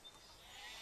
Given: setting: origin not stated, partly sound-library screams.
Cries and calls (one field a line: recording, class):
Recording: one-second piece from a danger detection set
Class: normal situation